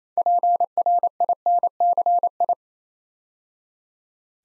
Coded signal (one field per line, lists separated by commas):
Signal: Morse code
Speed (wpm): 27 wpm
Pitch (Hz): 700 Hz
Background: none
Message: PRINCI